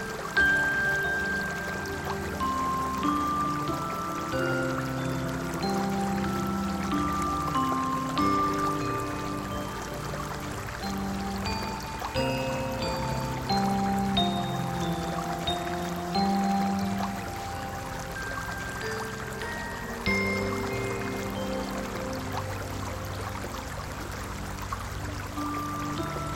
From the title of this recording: Forest River Nature Sound Stream Under Bridge